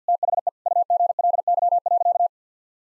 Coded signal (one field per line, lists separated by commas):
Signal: Morse code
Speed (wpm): 50 wpm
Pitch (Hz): 700 Hz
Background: none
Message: THE UGLY.